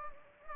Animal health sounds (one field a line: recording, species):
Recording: mosquito wingbeat signal from an infrared sensor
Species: Anopheles gambiae